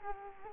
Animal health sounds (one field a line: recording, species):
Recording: mosquito wingbeat signal from an infrared sensor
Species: Culex quinquefasciatus